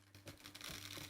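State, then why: Not seated. A plastic strawberry slicer's plunger, fitted with blades, is pushed down into its housing through a strawberry, making a series of sharp plastic clicks and scrapes. The clip ends before the plunger goes all the way home, so nothing has seated yet.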